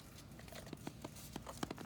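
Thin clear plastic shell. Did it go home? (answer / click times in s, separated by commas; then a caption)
no / none. The top half of a clear plastic craft ornament shell is handled against the bottom half, which holds a light, as the two halves are closed up to be pressed together. Light crinkling and crunching plastic handling sounds are heard, with the sharpest tick near 1.6 s. Nothing has seated or snapped into place yet.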